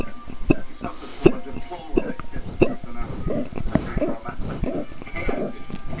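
Hiccups (singultus) in an adult, coming really, really fast.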